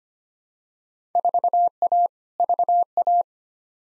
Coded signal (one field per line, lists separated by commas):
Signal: Morse code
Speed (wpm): 25 wpm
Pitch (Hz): 700 Hz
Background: none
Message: 4A VA